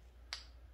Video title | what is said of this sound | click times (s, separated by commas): Installing pistons in a Honda B16 engine | pops right in make sure it's flush all around sweet there | 0.3 s